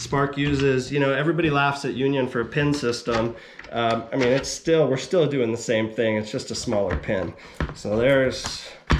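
A splitboard binding in climbing mode is handled on its pin-and-heel mount while someone talks throughout. Nothing has seated or clicked yet; the binding is not yet home on its pin.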